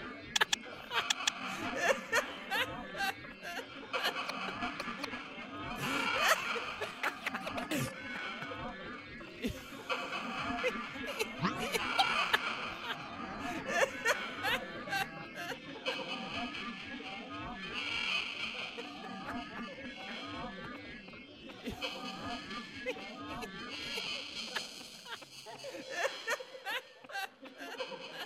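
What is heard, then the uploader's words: Laughter fills a theatre, rising in loud swells around six, twelve, eighteen and twenty-three seconds over a steady bed of murmuring voices and chatter. The sound is dense, with a few sharp claps or knocks scattered throughout. Laughter in Theatre/Applause in Theatre (1935 Columbia), 78 RPM UK disc.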